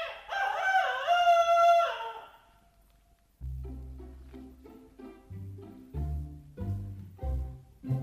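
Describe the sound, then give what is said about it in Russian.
A rooster crows outside a window, giving one loud, strained crow lasting about two seconds, rising and then falling in pitch. After a short pause, a melodic tune with a deep bass line starts. “За окошком снова прокричал петух.”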